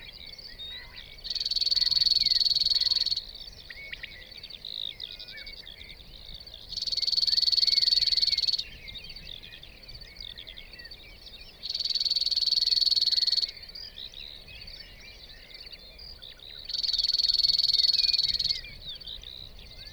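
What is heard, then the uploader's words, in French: A small morning chorus where a bright, buzzy trill bursts out for about two seconds every five seconds, over steady softer chirping throughout. Lesches en diois - nagra LB _seinnheiser MKH40. Caille des blés (Coturnix coturnix ) , Alouette des champs (Alauda arvensis) et surtout en premier plan ce vibrant Bruant zizi (Emberiza cirlus) . Petit chorus du matin.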